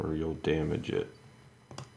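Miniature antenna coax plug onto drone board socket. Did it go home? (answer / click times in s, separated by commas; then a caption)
yes / 1.8 s. Someone talks while lining up a miniature antenna coax plug from a 4 Hawks Raptor SR range extender, carefully so it isn't damaged, onto a socket on an Autel Evo / Evo 2 drone board. A faint tick comes just before a short, sharp snap at 1.8 s as the plug is pressed on and seats in place.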